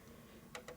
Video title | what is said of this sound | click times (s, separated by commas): Dell Optiplex 745 Error code 3, 4 repair | on both ends here, and you'll hear a little clicking sound, | 0.6 s, 0.7 s